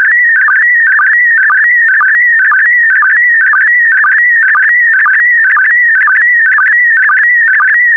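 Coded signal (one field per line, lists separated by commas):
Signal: SSTV (slow-scan television)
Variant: PD120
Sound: continuous warbling electronic tone with a rhythmic low chirp about twice a second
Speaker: the next image transmission will start in 10 seconds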